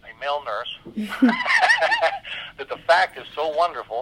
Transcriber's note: laughs